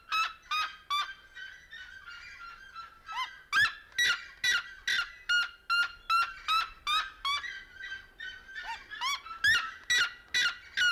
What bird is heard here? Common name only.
Red-legged Seriema